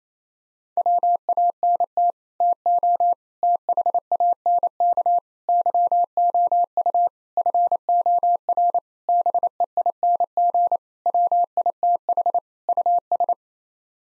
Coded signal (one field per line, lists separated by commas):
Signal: Morse code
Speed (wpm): 28 wpm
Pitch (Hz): 700 Hz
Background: none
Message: WANT TO THANK YOU FOR BEING WITH US